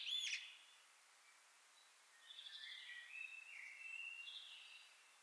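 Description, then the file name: Common blackbird song: a sharp high note, then a pause and a run of warbled, fluty phrases at mid-high pitch, faint against a steady hiss. "Turdus merula"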